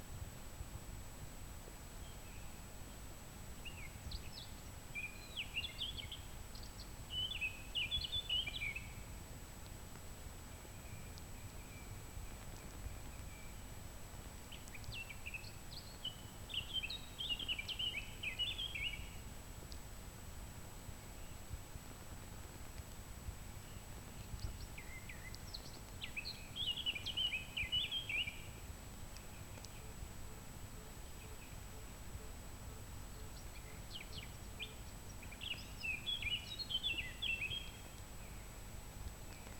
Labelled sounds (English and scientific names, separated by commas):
Eurasian Blackcap (Sylvia atricapilla) song